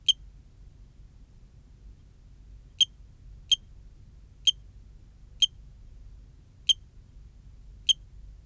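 Eugrylloides pipiens cricket song: one crisp, high, clicking chirp, a long pause, then several more spaced roughly a second apart, over a faint low hum.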